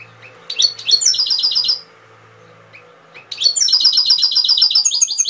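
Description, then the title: Canary singing two long phrases of fast, high, repeated chirping trills separated by a short pause, with a faint low hum underneath. Canary masteran (training) song with full fill-ins (isian), for teaching canaries to sing, by mster Mnuk. "mster Mnuk. Masteran Kenari Full Isian"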